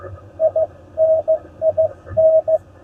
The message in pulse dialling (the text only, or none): none